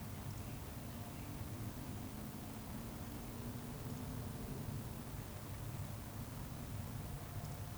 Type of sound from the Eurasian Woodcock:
whistle